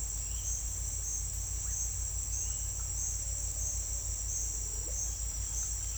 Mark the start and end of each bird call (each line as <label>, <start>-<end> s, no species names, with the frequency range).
bird call (0.6-2.6 kHz), 1.65-1.78 s